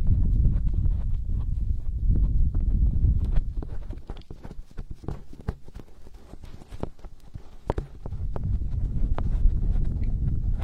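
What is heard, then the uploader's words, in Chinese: A hand massage: deep, muffled rubbing fills the first few seconds, then gives way to a stretch of sharp, irregular taps and pats around the middle. Near the end, the low, dense rubbing returns and continues steadily. 手部按摩4（声控助眠）。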